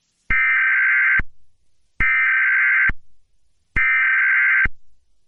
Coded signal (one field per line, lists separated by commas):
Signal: Emergency Alert System (SAME) tones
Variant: header bursts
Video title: EAS Child Abduction Emergency Amber Alert Recreation 4/3/2024 (New Mexico)